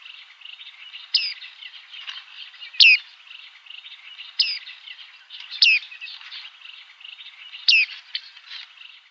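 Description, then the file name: Bearded reedling calls, loud metallic hooked pings about every one to two seconds, set against continuous faint high chatter. "WASATKA"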